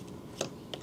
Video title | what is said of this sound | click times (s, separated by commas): S.H.Figuarts Rescue Armor Unboxing, Review & Epic Poses! 🔥Pepper Potts looks like Gwyneth Paltrow | Okay? Go straight here. Clicks in. | 0.4 s, 0.7 s